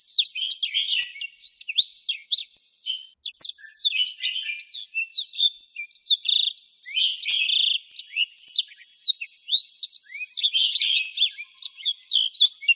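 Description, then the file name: Black-throated canary song, an extended rush of high, varied twitters, whistles and trills delivered almost without a break. "suara burung blackthroat"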